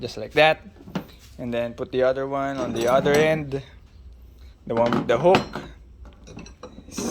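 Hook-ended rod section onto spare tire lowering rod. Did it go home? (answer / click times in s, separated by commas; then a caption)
yes / 6.6 s. A hook-ended rod section is pushed onto the other end of a metal spare tire lowering rod until it locks, while someone talks. After the speech, a few small metallic clinks lead into a sharp click at 6.6 s as the section seats and locks onto the rod.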